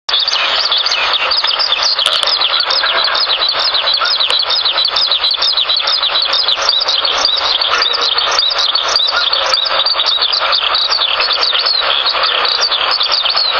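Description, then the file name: Eurasian skylark singing a continuous, fast-chattering, high-pitched warble, notes tumbling together without any breaks throughout. July 2005, north side of Endo. "ヒバリ 遠藤北側"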